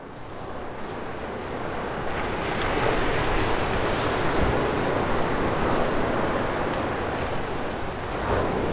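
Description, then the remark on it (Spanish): Steady ocean surf rolls onto a beach in Norfolk, England, a broad continuous wash of breaking waves that swells louder in the middle, with a rough wind rumble underneath and no voices. “Escuchemos su colaboración a partir de una grabación que realizó en una playa de Inglaterra.”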